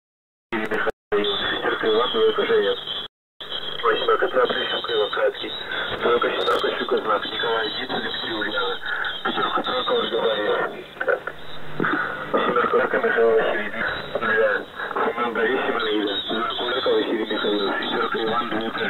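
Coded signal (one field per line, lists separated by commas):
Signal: coded military voice message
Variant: The Pip, Russian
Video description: "The Pip" is a Russian military station that broadcasts on 5448 kHz at daytime and 3756 kHz at nighttime.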